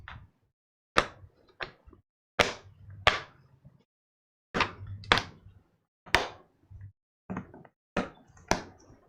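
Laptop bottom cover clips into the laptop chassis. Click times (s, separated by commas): 1.0 s, 5.1 s, 6.1 s, 8.5 s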